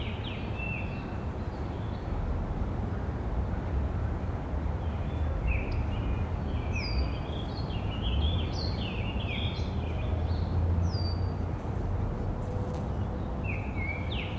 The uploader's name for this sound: Sitting on a Park Bench